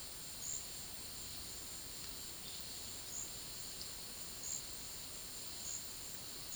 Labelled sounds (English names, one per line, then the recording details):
none
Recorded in secondary vegetation near Puerto Asís, Putumayo, Colombia, on 20 February 2024 at 12:00
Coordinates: 0.481, -76.323
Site G6376